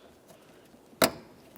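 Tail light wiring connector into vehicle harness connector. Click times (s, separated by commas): 1.0 s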